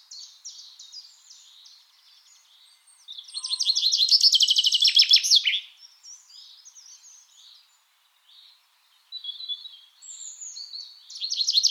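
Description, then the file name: Common chaffinch singing a single loud, quick trill of about two and a half seconds ending in a flourish, with quieter chirps around it. "Fringilla coelebs"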